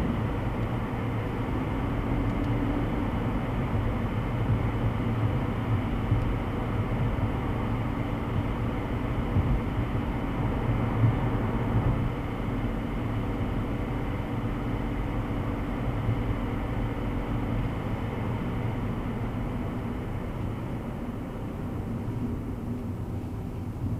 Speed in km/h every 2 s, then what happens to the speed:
86, 85, 85, 85, 84, 84, 84, 84, 78, 62, 43, 36.
0-15 steady at about 84. 15-21 brakes to 36.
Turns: none.